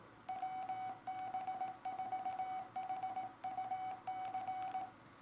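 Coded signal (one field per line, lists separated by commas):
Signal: Morse code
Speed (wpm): 18 wpm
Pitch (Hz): 2250 Hz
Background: none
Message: WB4HUC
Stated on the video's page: Straight key used for ARRL Straight Key Night.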